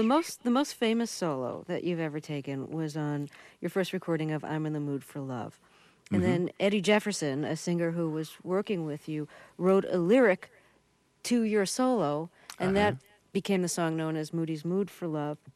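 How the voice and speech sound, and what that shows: One adult speaking fluently and clearly at an ordinary pace, with brief natural pauses; ordinary conversational speech.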